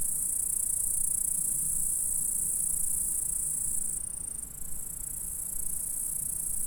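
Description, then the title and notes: Insects stridulating in a continuous high-pitched hiss that briefly dips and wavers midway, then resumes steadily. "M3XG+CF Saint-François-de-Sales, France - insectes. Stridulations dans la prairie. Enregistreur ZoomH4"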